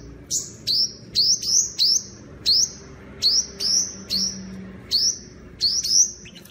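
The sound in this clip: Bird chirping in bright, high notes that hook upward then trail off, repeated about twice a second over a quiet background hum.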